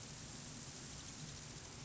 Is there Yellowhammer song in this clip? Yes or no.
no